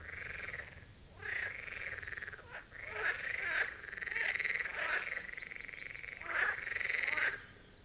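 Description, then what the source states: Marsh frogs calling together, a run of rattling, laughing croaks with a few short gaps, ending in a brief lull. Chorus of marsh frogs at the Birkensee in Schönbuch, Germany, recorded on one of the first hot summer days of 2023.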